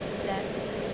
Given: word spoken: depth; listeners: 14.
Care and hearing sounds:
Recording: one English word in noise, from a listening test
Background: speech-shaped noise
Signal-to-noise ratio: -5.3 dB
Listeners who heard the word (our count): 1 of 14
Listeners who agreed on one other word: 6 of 14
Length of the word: 0.54 s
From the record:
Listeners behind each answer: 6, 2, 1, 1, 1, 1, 1, 1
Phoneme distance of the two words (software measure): 7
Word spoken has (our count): 1 syllable, 4 phonemes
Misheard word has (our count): 1 syllable, 3 phonemes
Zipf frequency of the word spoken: 4.16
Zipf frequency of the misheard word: 5.14

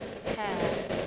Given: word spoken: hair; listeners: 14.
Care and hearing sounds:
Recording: one English word in noise, from a listening test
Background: noise modulated by three-talker babble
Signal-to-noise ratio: -5.3 dB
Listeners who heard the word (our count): 4 of 14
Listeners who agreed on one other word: 6 of 14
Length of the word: 0.68 s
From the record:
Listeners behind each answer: 6, 4, 4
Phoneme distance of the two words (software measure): 10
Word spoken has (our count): 1 syllable, 2 phonemes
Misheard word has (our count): 1 syllable, 2 phonemes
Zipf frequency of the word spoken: 5.03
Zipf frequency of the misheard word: 5.34

